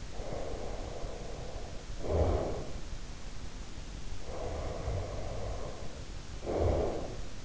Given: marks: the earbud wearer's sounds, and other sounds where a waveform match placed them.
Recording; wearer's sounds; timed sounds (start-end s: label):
sounds in sleep by an in-ear microphone; breath
0.12-2.90 s: breath
4.15-7.37 s: breath